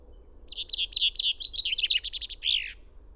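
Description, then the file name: Common chaffinch song: a run of repeated notes stepping down in pitch, a brief rattling phrase, then a final flourish; quiet hum beneath. "Fringilla coelebs"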